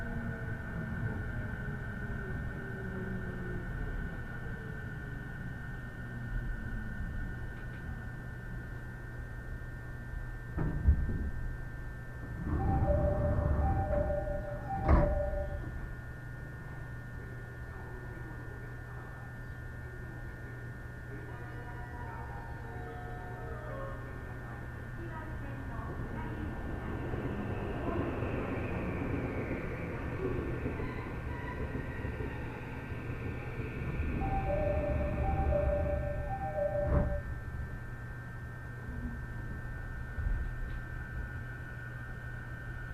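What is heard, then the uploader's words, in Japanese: A ride aboard a rapid train, heard from inside the car as a steady low rumble with a constant high whine running throughout. Two-tone chime signals sound around 13 and 35 seconds, with sharp knocks near 11 and 15 seconds and a swelling roar in the middle. 鉄道旅 内房線快速 千葉→木更津。千葉からは総武横須賀線の15両快速列車に乗り換えます。折り返し東京方面の需要を見越しての長大編成のため随分と空いていました。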